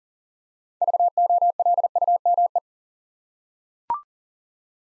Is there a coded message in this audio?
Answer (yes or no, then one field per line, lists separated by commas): yes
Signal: Morse code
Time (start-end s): 0.8-2.6 s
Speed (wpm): 39 wpm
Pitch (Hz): 700 Hz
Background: none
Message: VOLUME